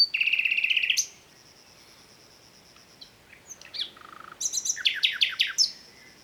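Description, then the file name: Common nightingale song opening with a fast buzzy repeated trill, then a pause with a thin high tone, followed by a rapid series of loud descending chirps. "Luscinia megarhynchos"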